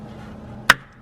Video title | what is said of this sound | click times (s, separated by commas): BMW E60 550i Valve Cover Gasket DIY (Part 3) | it clicks in just like that make sure you do that for both you | 0.7 s